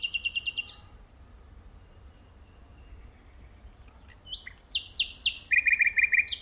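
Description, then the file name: Common nightingale song: a fast pulsed rattle, about three seconds of quiet, then sweeping notes ending in a rapid repeated chatter. "Luscinia megarhynchos"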